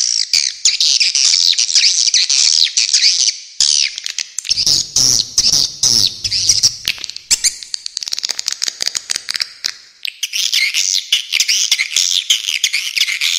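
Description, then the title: Swiftlet twittering, busy and high, with buzzy sweeping notes, a quieter patch of scattered clicks midway, then dense chirping again. Original, clean, clear recording. "Suara Walet"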